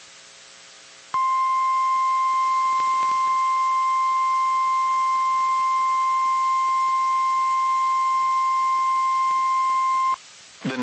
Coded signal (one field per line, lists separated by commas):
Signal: Emergency Alert System (SAME) tones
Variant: 1050 Hz attention tone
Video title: EAS Alerts I forgot about with SQW's on WSW's 12/29/25 - 1/24/26 (EAS #6590 - 6860)